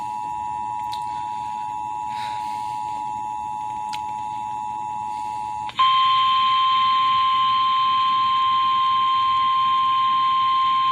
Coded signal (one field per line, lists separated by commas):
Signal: Emergency Alert System (SAME) tones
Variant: 853 and 960 Hz attention tone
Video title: (EAS #70 - #72) FROM A SVA TO TOR's - EAS Alerts from 8/14/20 (Lincoln, NE)